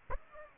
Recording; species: mosquito wingbeat signal from an infrared sensor; Aedes aegypti